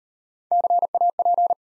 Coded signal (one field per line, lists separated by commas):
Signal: Morse code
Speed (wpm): 40 wpm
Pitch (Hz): 700 Hz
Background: none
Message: CAP